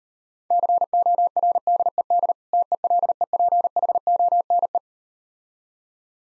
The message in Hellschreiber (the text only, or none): none